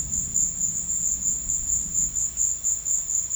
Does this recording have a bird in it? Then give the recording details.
no. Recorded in pastures near Puerto Asís, Putumayo, Colombia, on 4 March 2025 at 15:30. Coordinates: 0.502, -76.324. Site GP07